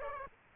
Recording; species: mosquito wingbeat signal from an infrared sensor; Aedes aegypti